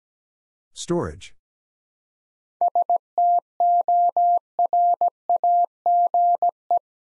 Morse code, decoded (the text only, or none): STORAGE